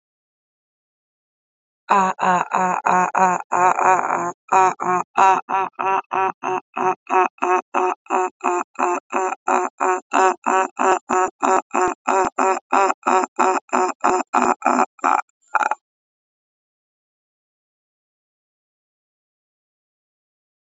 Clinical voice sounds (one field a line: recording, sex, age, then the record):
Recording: vowel held as long as possible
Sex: female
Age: 20 to 29 years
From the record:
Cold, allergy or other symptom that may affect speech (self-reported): no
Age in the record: 29 years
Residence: United States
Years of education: 14